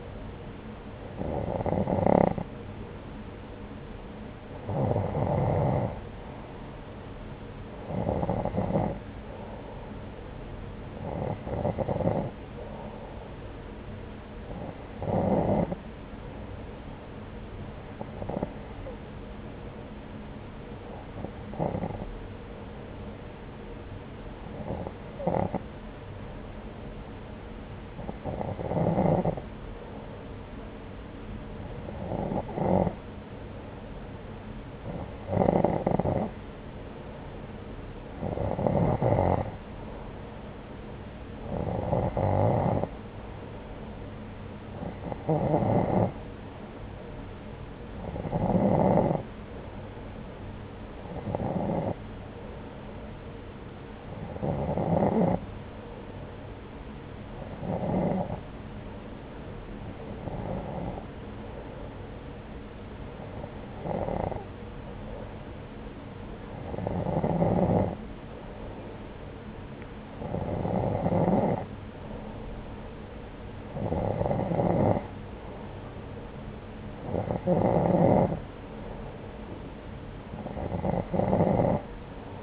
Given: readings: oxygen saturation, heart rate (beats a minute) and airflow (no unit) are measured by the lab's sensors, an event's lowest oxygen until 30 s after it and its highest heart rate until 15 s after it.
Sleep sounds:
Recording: breathing in sleep by a voice recorder at the bedside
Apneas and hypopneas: none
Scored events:
none scored
From the record:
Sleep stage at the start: N2 (light sleep)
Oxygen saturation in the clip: 90 to 92%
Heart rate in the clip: 68 to 79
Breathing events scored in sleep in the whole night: 303 in 8.1 hours asleep

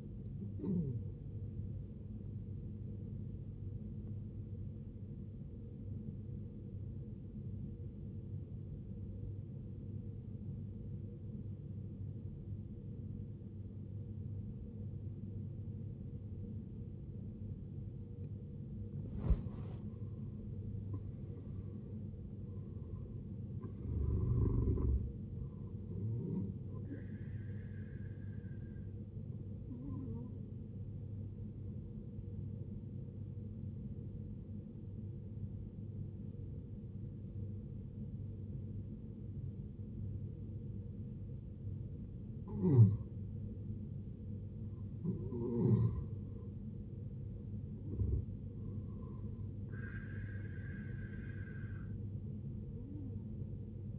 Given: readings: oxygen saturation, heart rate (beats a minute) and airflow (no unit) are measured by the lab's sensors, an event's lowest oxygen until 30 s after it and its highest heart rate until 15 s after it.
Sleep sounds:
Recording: breathing in sleep by a smartphone at the bedside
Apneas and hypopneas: 2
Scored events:
1.00-53.99 s: new sleep stage, N1 (lightest sleep)
7.00-20.10 s: obstructive apnea (N1, oxygen 94% highest, then 83% lowest, heart rate 65 at the start, 74 highest)
31.00-45.80 s: hypopnea (N1, oxygen 93% highest, then 86% lowest, heart rate 64 at the start, 68 highest)
From the record:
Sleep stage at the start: N2 (light sleep)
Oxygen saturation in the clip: 79 to 94%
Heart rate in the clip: 58 to 74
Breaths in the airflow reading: 7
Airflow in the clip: -12.9 to 15.1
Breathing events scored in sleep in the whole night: 389 in 6.3 hours asleep

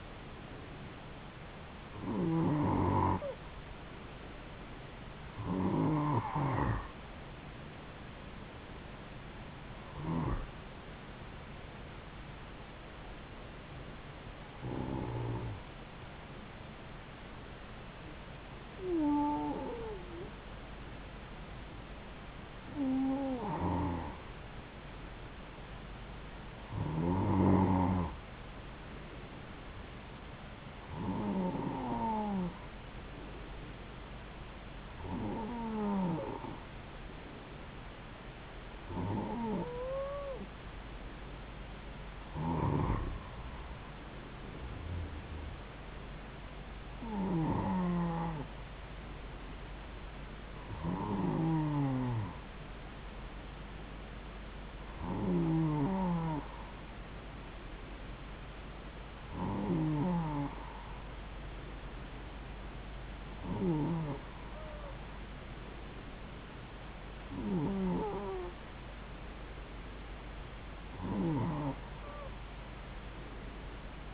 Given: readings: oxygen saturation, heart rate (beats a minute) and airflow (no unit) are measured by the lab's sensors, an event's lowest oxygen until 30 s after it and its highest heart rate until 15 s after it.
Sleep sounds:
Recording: breathing in sleep by a voice recorder at the bedside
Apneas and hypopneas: 1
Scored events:
33.00-48.20 s: hypopnea (N2, oxygen 93% highest, then 92% lowest)
From the record:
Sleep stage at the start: N2 (light sleep)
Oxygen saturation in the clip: 91 to 94%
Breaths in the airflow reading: 19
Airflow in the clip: -3.4 to 3.9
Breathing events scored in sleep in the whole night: 270 in 6.1 hours asleep

